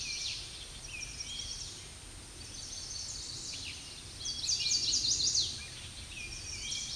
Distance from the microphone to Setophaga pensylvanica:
about 20 m